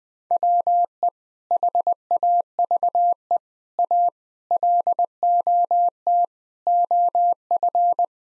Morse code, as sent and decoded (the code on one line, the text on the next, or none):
.-- . / .... .- ...- . / .- / .-.. --- - / --- ..-.
WE HAVE A LOT OF